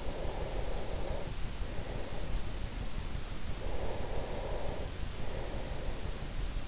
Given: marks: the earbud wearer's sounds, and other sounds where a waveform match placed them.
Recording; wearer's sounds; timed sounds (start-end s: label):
sounds in sleep by an in-ear microphone; breath
0.00-2.85 s: breath
3.65-6.46 s: breath